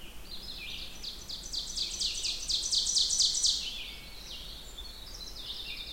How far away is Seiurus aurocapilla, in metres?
about 30 m